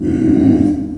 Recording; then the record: squeal of a Yucatan mini pig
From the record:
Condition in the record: after surgery on the right vocal fold (resection and tissue-engineered implant); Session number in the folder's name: 2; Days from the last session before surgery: 18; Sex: female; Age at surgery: 19 weeks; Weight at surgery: 25 kg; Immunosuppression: prednisolone